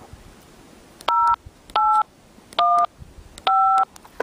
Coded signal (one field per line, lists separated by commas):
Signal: DTMF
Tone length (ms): 280 ms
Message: 0815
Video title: Prepper gear- Communication Dualband Radio TYT TH-UVF1 Part two